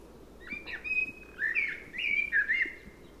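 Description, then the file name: Common blackbird song: several short fluty, warbling phrases gliding between low and middle pitches, with brief pauses between them. "Turdus merula"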